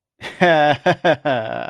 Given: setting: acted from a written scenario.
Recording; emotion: vocal sound without words; pride